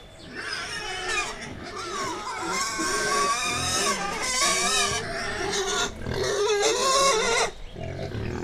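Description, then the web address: Wild boar giving long, strained squeals that rise and fall almost without pause, with a brief break before a final squeal. Captive wild boar at Jászberény Zoo, excited before feeding, 28 April 2015. "allathangok jaszberenyizoo 2015 professzionalis vaddiszno etetesrefelajzva 04 28"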